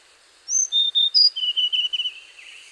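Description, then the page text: Hainan blue flycatcher song phrase: a few bright high whistles, then a run of rapid lower notes fading out, with light hiss behind. "Antero Lindholm - Хайнаньская голубая мухоловка-циорнис (Cyornis hainanus)"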